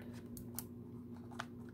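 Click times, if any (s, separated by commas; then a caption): 0.6 s, 1.4 s. A plastic stylus is slid into its holder slot at the top of a Compaq iPaq handheld PDA. Sharp, short clicks sound at 0.6 s and 1.4 s as it seats, over a steady low hum. The stylus clicks into place and is seated.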